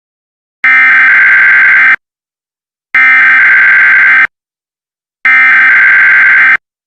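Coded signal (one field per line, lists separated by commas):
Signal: Emergency Alert System (SAME) tones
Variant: header bursts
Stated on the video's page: Simulated end-of-the-world emergency alert scenario.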